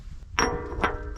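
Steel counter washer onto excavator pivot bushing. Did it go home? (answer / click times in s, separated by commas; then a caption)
yes / 0.4 s. A homemade steel counter washer with a small internal guide edge, 119.5, is fitted onto an excavator pivot bushing. It seats with a sharp metallic clang at 0.4 s, followed by a softer second hit at 0.9 s. The washer fits into place.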